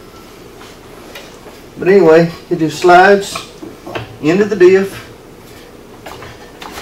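A rear axle shaft is slid into the differential of an RZR S 800 while someone talks, with a few faint knocks and scrapes of handling. Nothing has seated or clicked yet; the final push that pops it into place comes after this stretch.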